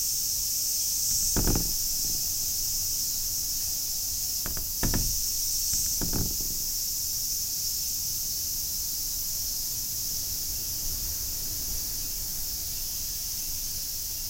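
Cicada buzzing, a constant high hiss, joined early on by three separate low thumping rattles, then smooth.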